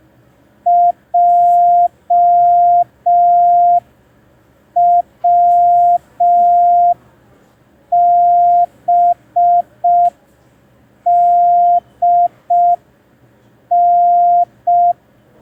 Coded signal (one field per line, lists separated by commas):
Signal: Morse code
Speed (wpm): 5 wpm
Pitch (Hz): 700 Hz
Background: none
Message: JWBDN